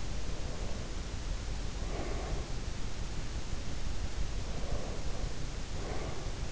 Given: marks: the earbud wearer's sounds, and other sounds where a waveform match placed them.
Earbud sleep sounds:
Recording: sounds in sleep by an in-ear microphone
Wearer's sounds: breath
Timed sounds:
0.06-2.81 s: breath
4.23-6.52 s: breath

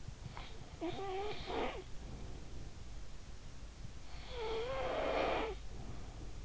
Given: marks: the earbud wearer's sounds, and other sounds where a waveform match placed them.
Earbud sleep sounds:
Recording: sounds in sleep by an in-ear microphone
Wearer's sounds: snoring breath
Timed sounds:
0.31-2.82 s: snoring breath
3.98-6.45 s: snoring breath

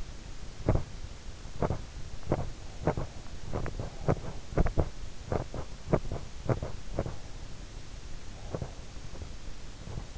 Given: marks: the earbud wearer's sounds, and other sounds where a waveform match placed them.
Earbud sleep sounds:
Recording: sounds in sleep by an in-ear microphone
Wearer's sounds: teeth grinding, breath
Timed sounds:
0.00-10.17 s: teeth grinding
8.10-8.94 s: breath

